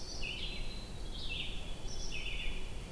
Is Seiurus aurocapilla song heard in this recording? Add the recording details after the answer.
no. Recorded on 22 June 2016 at 08:49. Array SBT-6-76